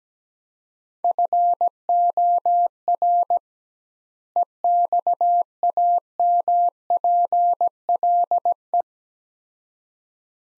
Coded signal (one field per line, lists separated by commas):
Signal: Morse code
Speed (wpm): 17 wpm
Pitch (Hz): 700 Hz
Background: none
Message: FOR EXAMPLE